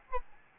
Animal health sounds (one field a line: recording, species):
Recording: mosquito wingbeat signal from an infrared sensor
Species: Aedes albopictus